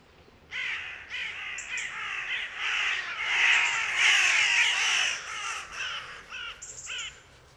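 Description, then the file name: Carrion crow giving harsh, hoarse caws in a rapid, uneven series, louder midway before tapering off. "Corvus corone"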